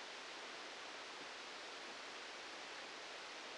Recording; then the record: brain microelectrode recording played as sound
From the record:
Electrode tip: outside the subthalamic nucleus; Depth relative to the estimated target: -8 mm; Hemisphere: right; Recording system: NeuroSet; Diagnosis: Parkinson's disease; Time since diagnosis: 13 years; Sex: male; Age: 65 years